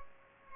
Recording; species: mosquito wingbeat signal from an infrared sensor; Culex pipiens